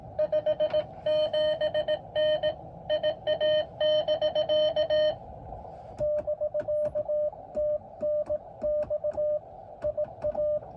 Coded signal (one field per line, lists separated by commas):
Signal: Morse code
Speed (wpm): 18 wpm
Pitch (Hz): 600 Hz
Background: music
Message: 57N IA<BK> <BK>TNX IA